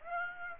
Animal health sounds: mosquito wingbeat signal from an infrared sensor; Aedes aegypti

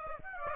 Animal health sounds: mosquito wingbeat signal from an infrared sensor; Aedes aegypti

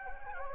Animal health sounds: mosquito wingbeat signal from an infrared sensor; Anopheles gambiae

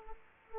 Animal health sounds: mosquito wingbeat signal from an infrared sensor; Aedes aegypti

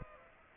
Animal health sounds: mosquito wingbeat signal from an infrared sensor; Aedes aegypti

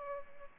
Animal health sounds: mosquito wingbeat signal from an infrared sensor; Aedes albopictus

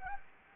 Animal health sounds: mosquito wingbeat signal from an infrared sensor; Anopheles gambiae

